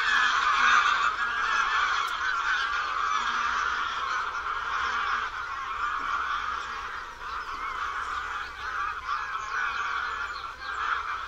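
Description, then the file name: Greylag goose: greylag geese in a large group, an unbroken wall of overlapping honking and gabbling that swells and eases slightly throughout. "GĘGAWA"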